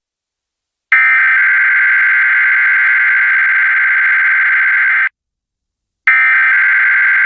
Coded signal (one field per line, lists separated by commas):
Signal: Emergency Alert System (SAME) tones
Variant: header bursts